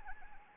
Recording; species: mosquito wingbeat signal from an infrared sensor; Anopheles arabiensis